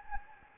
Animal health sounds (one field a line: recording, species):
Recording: mosquito wingbeat signal from an infrared sensor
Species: Anopheles gambiae